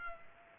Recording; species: mosquito wingbeat signal from an infrared sensor; Culex pipiens